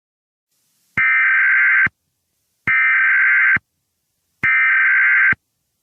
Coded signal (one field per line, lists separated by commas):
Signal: Emergency Alert System (SAME) tones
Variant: header bursts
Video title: EAS Mock Severe Thunderstorm Warning